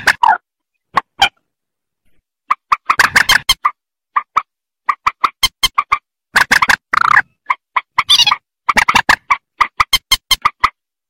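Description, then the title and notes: Rail calls: clipped nasal notes, scattered at first, then building into fast runs of clucking and squawks. "Kicau Burung Mandar"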